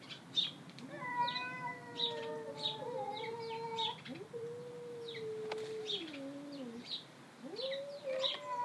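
Cat giving long, tonal meows that waver and fall in pitch, repeated several times, with faint high chirps and light background hiss.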